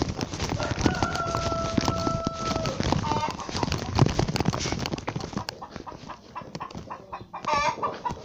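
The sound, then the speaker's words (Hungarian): Nine chickens cluck steadily in a busy, scratchy jumble of short calls, with a drawn-out tonal call early on and people talking intermittently underneath. “Kell, nincs, hogy megvannak a csirkém, azt nézem. Kilencnek kell lennie, megvan.”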